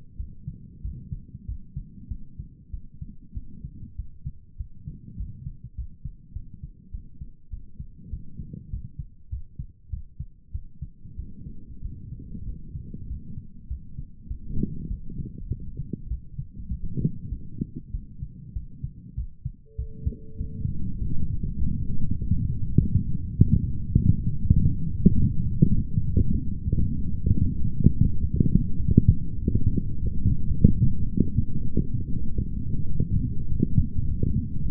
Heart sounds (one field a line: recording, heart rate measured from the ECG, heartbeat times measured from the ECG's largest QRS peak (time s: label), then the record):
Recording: heart sounds by stethoscope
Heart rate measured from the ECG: 99 bpm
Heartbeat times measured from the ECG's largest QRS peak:
0.16 s: heartbeat
0.81 s: heartbeat
1.45 s: heartbeat
2.07 s: heartbeat
2.70 s: heartbeat
3.33 s: heartbeat
3.95 s: heartbeat
4.56 s: heartbeat
5.16 s: heartbeat
5.74 s: heartbeat
6.32 s: heartbeat
6.91 s: heartbeat
7.49 s: heartbeat
8.09 s: heartbeat
8.69 s: heartbeat
9.29 s: heartbeat
9.89 s: heartbeat
10.51 s: heartbeat
11.15 s: heartbeat
11.81 s: heartbeat
12.45 s: heartbeat
13.06 s: heartbeat
13.67 s: heartbeat
14.27 s: heartbeat
14.87 s: heartbeat
15.48 s: heartbeat
16.08 s: heartbeat
16.68 s: heartbeat
17.29 s: heartbeat
17.91 s: heartbeat
18.53 s: heartbeat
19.14 s: heartbeat
19.75 s: heartbeat
20.37 s: heartbeat
20.98 s: heartbeat
21.59 s: heartbeat
22.18 s: heartbeat
22.77 s: heartbeat
23.36 s: heartbeat
23.96 s: heartbeat
24.55 s: heartbeat
25.15 s: heartbeat
25.75 s: heartbeat
26.35 s: heartbeat
26.96 s: heartbeat
27.58 s: heartbeat
28.19 s: heartbeat
28.80 s: heartbeat
29.40 s: heartbeat
30.00 s: heartbeat
30.59 s: heartbeat
31.18 s: heartbeat
31.77 s: heartbeat
32.35 s: heartbeat
32.92 s: heartbeat
33.49 s: heartbeat
34.06 s: heartbeat
34.62 s: heartbeat
From the record:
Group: healthy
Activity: rest 0-21 s, light exercise 21-35 s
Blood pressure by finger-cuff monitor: 113/69 mmHg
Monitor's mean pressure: 81 mmHg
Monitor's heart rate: 99 bpm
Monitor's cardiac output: 8.3 L/min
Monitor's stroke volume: 85 mL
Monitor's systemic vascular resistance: 710 dyn s/cm5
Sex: male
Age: 19 years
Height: 178 cm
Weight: 83 kg